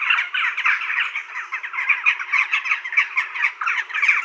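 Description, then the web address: Western jackdaw flock giving a dense, continuous chatter of short, harsh chak calls overlapping throughout. "Schulze Peter Eurasian Jackdaw"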